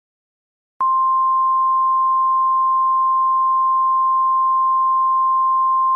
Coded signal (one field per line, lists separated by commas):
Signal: Emergency Alert System (SAME) tones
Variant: 1050 Hz attention tone